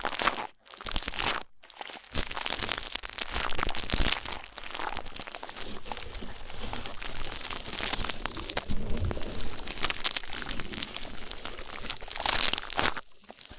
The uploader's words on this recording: ASMR Rough Ear Cleaning (No Talking).